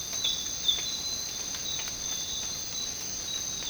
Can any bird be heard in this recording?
no